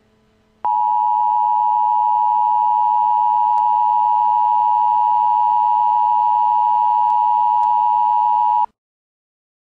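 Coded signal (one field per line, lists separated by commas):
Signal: Emergency Alert System (SAME) tones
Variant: 853 and 960 Hz attention tone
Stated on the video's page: Emergency Alert System tones used as the intro of a music mix tribute.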